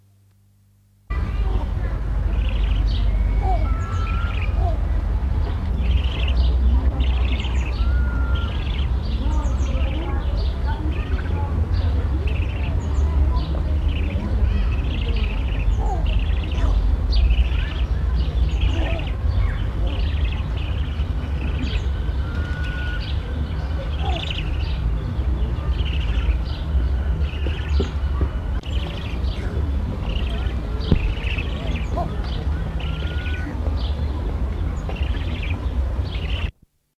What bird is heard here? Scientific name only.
Geronticus eremita